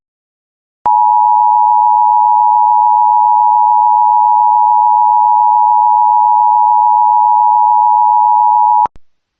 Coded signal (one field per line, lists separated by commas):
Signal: Emergency Alert System (SAME) tones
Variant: 853 and 960 Hz attention tone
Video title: 2 TRW (New EAS 9-10)